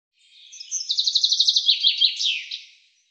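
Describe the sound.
Common chaffinch song: a brisk run of high repeated notes closing with a short flourish, all under three seconds.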